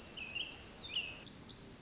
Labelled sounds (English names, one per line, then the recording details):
Pacific Wren
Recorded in Sonoma County, California